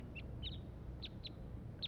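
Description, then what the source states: Crossbill giving a handful of brief, sharp high call notes spaced unevenly across two seconds, against a low background hum. Single wild crossbill in the top of a pine tree, giving calls described as tooping.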